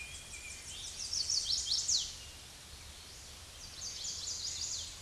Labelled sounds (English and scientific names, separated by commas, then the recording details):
Chestnut-sided Warbler (Setophaga pensylvanica) song
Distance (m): 10 m
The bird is about 5 m above the microphone
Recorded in a Pennsylvania forest on 16 May 2024 at 07:17
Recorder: AudioMoth, point MSD-2074
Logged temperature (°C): 16.3 °C
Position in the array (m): 168 m, 209 m